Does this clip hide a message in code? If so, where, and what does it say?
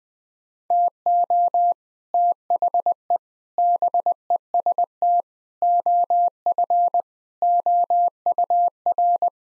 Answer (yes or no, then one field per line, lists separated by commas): yes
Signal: Morse code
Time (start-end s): 0.7-9.3 s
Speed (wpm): 21 wpm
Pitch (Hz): 700 Hz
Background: none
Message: TO THE BEST OF OUR